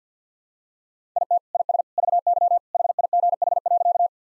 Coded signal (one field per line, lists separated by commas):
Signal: Morse code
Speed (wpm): 50 wpm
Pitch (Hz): 700 Hz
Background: none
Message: IT IS VY HIGH.